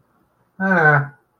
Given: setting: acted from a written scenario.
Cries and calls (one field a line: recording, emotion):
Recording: vocal sound without words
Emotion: neutral